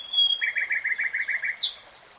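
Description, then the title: Nightingale song, a brief phrase with a rapid steady row of clicking notes, ending with a sharp rising note. Singing in real time. "[Tiếng chim hót] 3 Hours REALTIME Nightingale Singing"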